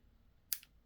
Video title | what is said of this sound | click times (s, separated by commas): iPhone AIR Cases Minimalistic iPhone Air Cases OATSBASF iPhone Air Z Case | All right. I heard the click. It's locked back in place. | 0.5 s